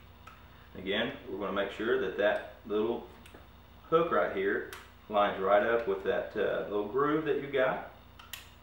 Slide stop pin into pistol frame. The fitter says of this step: Snaps right in there,